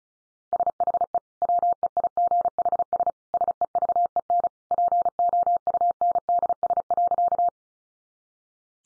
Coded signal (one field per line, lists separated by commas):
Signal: Morse code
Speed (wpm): 34 wpm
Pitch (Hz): 700 Hz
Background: none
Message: SHE WEIGHS SEVEN POUNDS.